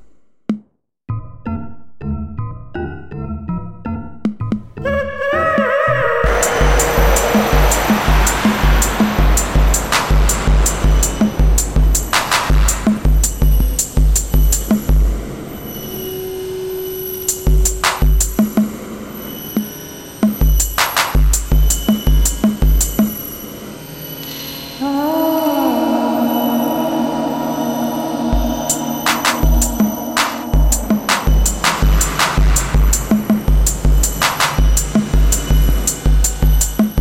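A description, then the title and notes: In a mangrove forest, a steady, low engine throb with rising and falling whines and sharp clicks follows a sparse, rhythmic opening. Field recordings from mangrove forests in Balikpapan.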